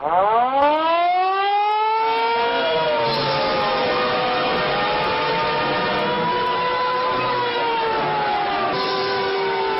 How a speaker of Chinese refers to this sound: 发特级警报。